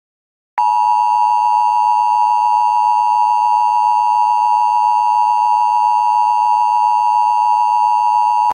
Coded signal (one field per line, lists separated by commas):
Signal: Emergency Alert System (SAME) tones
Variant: 853 and 960 Hz attention tone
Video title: Minnesota EAS Alarm (2023)